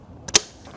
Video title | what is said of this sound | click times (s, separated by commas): 2025 MARES Prestige Jacket BCD She Dives | Hear that snap? You can hear that underwater. | 0.3 s, 0.4 s